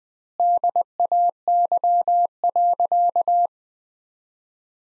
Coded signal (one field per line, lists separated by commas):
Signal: Morse code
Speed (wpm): 20 wpm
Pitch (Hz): 700 Hz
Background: none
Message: DAY.